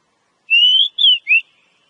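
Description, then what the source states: Oriental magpie-robin song: three clear whistled notes, a long slightly rising one, then a falling one and a short rising one. Lure recording ('pikat') of Oriental magpie-robin song, locally called kacer.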